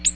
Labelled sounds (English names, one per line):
Ovenbird flight call